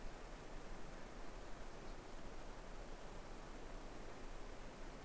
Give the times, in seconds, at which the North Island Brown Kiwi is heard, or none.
none